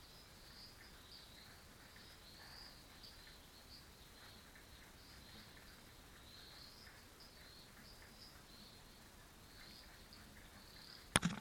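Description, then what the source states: Frogs chorusing with repeated high chirps throughout, and a sharp knock right at the end. Frogs at a dam.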